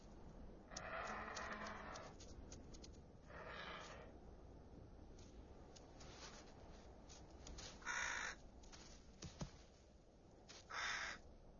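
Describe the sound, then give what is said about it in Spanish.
Crows in Navarra, following bearded vultures to get food, give several harsh, raspy caws spaced unevenly apart, each a short rough burst standing out over a steady low background hiss, with no voices. “Los cuervos también están por la zona y siguen minuciosamente los pasos de los quebrantahuesos, con tal de conseguir un poco de comida.”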